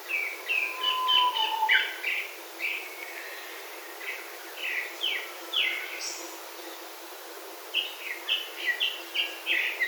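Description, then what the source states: Grey-backed thrush giving repeated short sliding chirps in loose series, with a low drawn whistle early on and steady background hiss. Recorded at Nagasaki on 29 April 2020.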